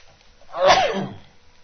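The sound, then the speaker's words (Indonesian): A single sneeze bursts out on its own, a quick rising intake that peaks in a sharp, bright expulsion and then trails off over about a second. “Alhamdulillah. Yahdikumullah wa yuslihu balakum.”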